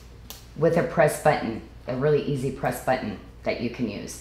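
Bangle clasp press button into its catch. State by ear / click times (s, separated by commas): seated / 0.3 s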